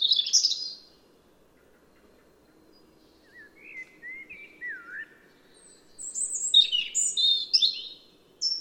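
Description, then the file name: European robin song: an opening high twitter, a pause, soft lower sliding whistles, then a rapid cascade of thin high notes, with faint low background noise. "Erithacus rubecula"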